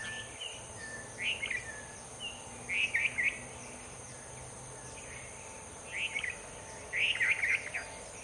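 Bulbul song in short bubbly phrases at irregular intervals, with quiet gaps between, over a constant high hiss.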